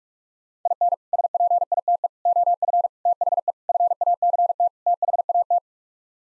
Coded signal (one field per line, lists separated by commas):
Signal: Morse code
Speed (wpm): 42 wpm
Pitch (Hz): 700 Hz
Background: none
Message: IN SPITE OF THE FACT THAT